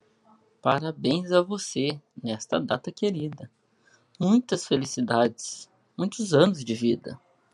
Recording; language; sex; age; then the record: short text; Brazilian Portuguese; male; 30 to 39 years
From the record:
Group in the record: control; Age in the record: 37 years